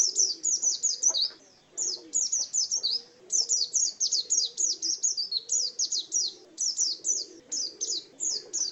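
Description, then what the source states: White-eye song of quick, high twittering phrases separated by a few short pauses, with soft low background noise. Indonesian local name pleci; song style called ngalas.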